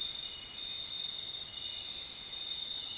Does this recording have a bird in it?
no